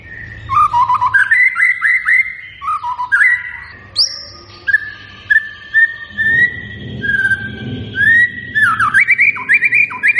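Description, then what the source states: White-rumped shama song of loud clear whistles, sliding upward notes and quick chattering bursts, delivered in varied phrases separated by short gaps over a low background hum. Energetic, persistent singer (gacor), meant to draw a quick response from other birds.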